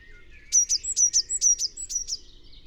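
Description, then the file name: Eurasian blue tit giving a single rapid series of several sharp, high-pitched notes over under two seconds. "Cyanistes caeruleus"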